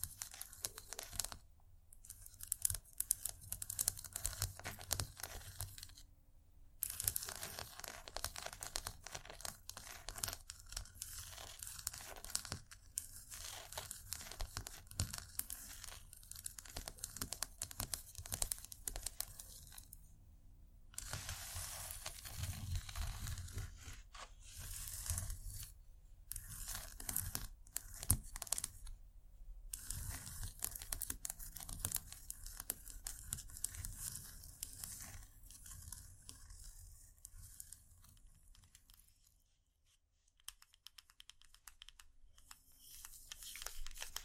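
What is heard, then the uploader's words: Scratchy tapping sounds, dense and crackly, like papery scratching and crinkling mixed with quick taps. The texture runs almost continuously with brief silent gaps near 6, 21 and 29 seconds, thins out after 35 seconds, nearly stops around 40, then resumes softly. Irresistible Scratchy-tapping.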